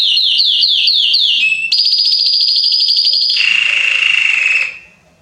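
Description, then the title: Belgian canary song: a rolling series of descending notes, then a long buzzy high trill, dropping to a lower rattling trill before ending. Male Belgian canary singing heavily, to warm up and stimulate young canaries. "Esquente Seu Filhote E Canario Belga Em 30 Minutos Macho Cantando Muito. Esquente seu canrio belga em 30 minutos - Canrio Belga estourado"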